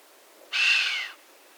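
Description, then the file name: Chamois giving a single breathy, hissing whistle lasting about two-thirds of a second, with a faint tonal streak inside, then silence. "Camoscio da xenocanto"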